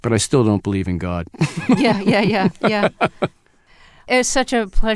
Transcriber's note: laughter